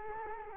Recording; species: mosquito wingbeat signal from an infrared sensor; Culex quinquefasciatus